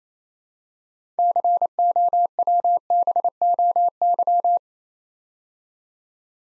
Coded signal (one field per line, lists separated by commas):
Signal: Morse code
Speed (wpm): 29 wpm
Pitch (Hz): 700 Hz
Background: none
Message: COWBOY